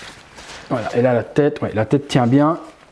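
A person talks while handling the head of a Sideshow Batman Premium Format 1/4 scale resin statue, lining it up with the neck joint of the statue body. Only speech and faint handling sounds are heard, and nothing has seated or clicked yet.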